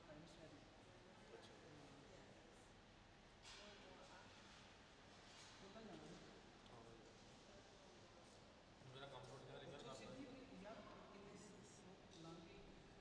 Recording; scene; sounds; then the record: everyday scene through a hearing-aid microphone; reverberant space; background noise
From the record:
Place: railway station hall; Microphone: in the ear canal, left